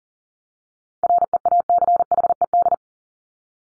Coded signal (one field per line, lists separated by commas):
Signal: Morse code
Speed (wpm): 40 wpm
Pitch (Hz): 700 Hz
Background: none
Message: REACHED